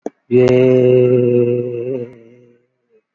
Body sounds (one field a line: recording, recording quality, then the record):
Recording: sustained vowel as in made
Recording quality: excellent, no background noise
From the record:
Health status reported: COVID-19 positive, moderate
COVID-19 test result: positive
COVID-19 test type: RT-PCR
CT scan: taken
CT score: 13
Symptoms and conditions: cough, cold, breathing difficulty, sore throat, fever, fatigue, muscle pain, asthma, another respiratory illness, hypertension, ischaemic heart disease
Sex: male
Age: 81 years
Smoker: no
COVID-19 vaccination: both doses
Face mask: worn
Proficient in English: yes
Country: India